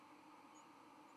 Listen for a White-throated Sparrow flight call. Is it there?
no